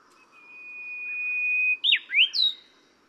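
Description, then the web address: Brownish-flanked bush warbler song: a long, steady, high whistled note held for over a second, then a quick, loud, twisting warbled flourish of three notes. Recorded at Yushan. "小鶯 Yushan"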